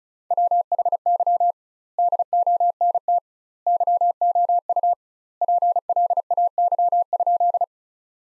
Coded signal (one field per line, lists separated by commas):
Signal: Morse code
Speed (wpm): 34 wpm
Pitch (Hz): 700 Hz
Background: none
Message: WHY DONT YOU PLAY?